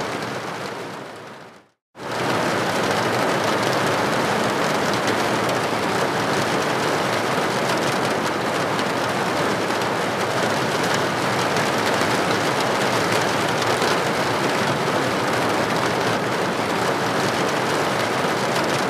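Rain drums steadily on a roof, a dense, even hiss of countless drops with no letup. Near the start the sound fades briefly and cuts to near silence around two seconds, then resumes at full strength and stays constant to the end.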